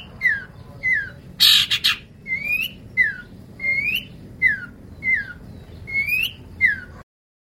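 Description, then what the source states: Long-tailed shrike repeating a slurred whistled note, with one burst of harsh scratchy squawks near the start. Recording made for training cage birds (masteran); Indonesian local name cendet.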